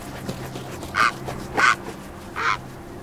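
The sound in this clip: Great blue heron giving three hoarse, harsh squawks over a faint low background hum.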